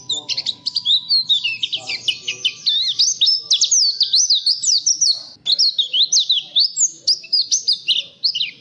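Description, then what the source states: Nightingale song, rapid high twittering and looping whistled slurs, delivered almost nonstop with one short break midway, over a faint low background. Masteran tutor recording for training caged songbirds to sing.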